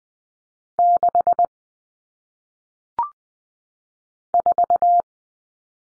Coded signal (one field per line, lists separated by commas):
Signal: Morse code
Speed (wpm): 20 wpm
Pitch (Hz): 700 Hz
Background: none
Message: 6 4